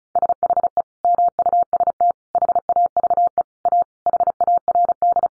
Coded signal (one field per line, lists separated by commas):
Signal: Morse code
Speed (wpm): 34 wpm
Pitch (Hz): 700 Hz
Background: none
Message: SHE MUST HAVE A HARD